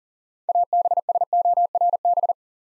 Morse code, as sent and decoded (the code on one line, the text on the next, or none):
.- -... ... --- .-. -...
ABSORB